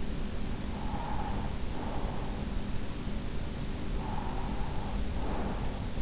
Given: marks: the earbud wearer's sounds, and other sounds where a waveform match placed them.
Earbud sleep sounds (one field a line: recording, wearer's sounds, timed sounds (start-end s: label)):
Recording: sounds in sleep by an in-ear microphone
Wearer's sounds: breath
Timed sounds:
0.63-2.74 s: breath
3.80-5.94 s: breath